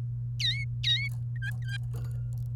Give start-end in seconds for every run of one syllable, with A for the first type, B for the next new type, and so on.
0.40-1.08 A, 1.36-1.77 B